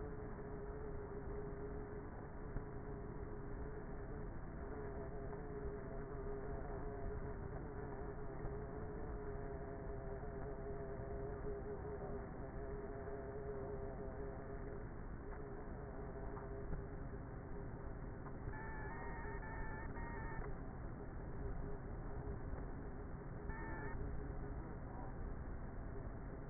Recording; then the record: honeybee colony, microphone inside the hive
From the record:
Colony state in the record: queenless with a low population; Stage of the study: before two queens were removed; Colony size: about 30,000 bees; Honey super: no